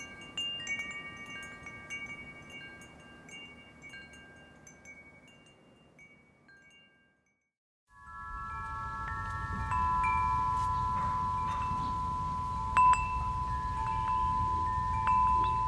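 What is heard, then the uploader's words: Wind chimes ring in a gentle breeze, their bright, sustained tones overlapping and slowly fading over the first seven seconds, then falling silent briefly. Near the eight-second mark a louder cluster of ringing notes begins, held over a low rumble of wind, with one sharper strike around thirteen seconds. As the gentle breeze flows through the chimes, you'll hear the soft tinkling of metal or glass, creating a melody. This episode features only natural soundscapes with no dialogue or voice.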